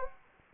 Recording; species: mosquito wingbeat signal from an infrared sensor; Anopheles gambiae